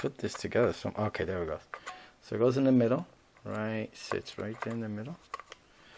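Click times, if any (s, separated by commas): none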